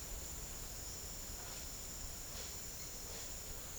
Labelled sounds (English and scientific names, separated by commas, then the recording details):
none
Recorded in secondary vegetation near Puerto Asís, Putumayo, Colombia, on 13 March 2025 at 10:00
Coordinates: 0.488, -76.319
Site G095